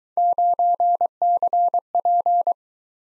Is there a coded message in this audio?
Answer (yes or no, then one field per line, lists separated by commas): yes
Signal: Morse code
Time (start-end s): 0.2-2.5 s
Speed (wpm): 22 wpm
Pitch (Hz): 700 Hz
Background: none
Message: 9CP